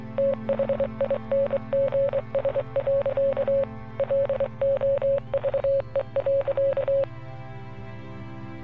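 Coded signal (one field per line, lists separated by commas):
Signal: Morse code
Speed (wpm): 24 wpm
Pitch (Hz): 550 Hz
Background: music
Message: THINGS. LOVE.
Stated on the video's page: Morse code messages from the supernatural thriller game Oxenfree.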